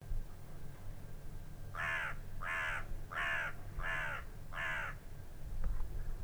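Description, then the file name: Carrion crow giving five harsh, raspy caws in an even series about every 0.7 seconds, over a low rumbling background hum. "Corvus corone"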